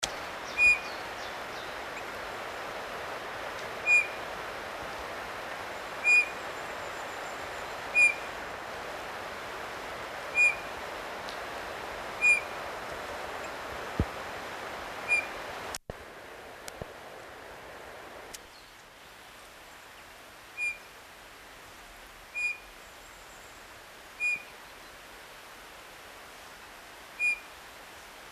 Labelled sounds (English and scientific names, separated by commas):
Eurasian Bullfinch (Pyrrhula pyrrhula) song